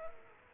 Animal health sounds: mosquito wingbeat signal from an infrared sensor; Culex quinquefasciatus

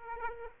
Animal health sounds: mosquito wingbeat signal from an infrared sensor; Aedes aegypti

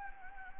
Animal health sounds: mosquito wingbeat signal from an infrared sensor; Anopheles gambiae

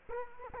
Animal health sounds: mosquito wingbeat signal from an infrared sensor; Culex quinquefasciatus

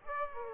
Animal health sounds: mosquito wingbeat signal from an infrared sensor; Aedes aegypti

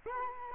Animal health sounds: mosquito wingbeat signal from an infrared sensor; Culex quinquefasciatus

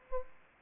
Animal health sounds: mosquito wingbeat signal from an infrared sensor; Aedes aegypti

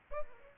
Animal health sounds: mosquito wingbeat signal from an infrared sensor; Aedes albopictus

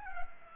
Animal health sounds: mosquito wingbeat signal from an infrared sensor; Culex pipiens

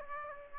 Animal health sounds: mosquito wingbeat signal from an infrared sensor; Aedes aegypti

